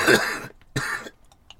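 Two harsh, rasping coughs in quick succession from a man.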